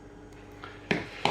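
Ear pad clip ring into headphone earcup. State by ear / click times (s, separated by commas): seated / 0.9 s, 1.2 s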